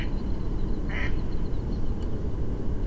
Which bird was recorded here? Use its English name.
Mallard